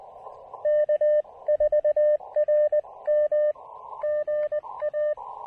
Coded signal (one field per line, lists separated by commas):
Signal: Morse code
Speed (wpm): 20 wpm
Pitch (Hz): 600 Hz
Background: radio noise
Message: K4RM GA